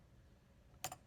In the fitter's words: and let go of the latch and just make sure it snaps in there sometimes you'll hear a snap sometimes you won't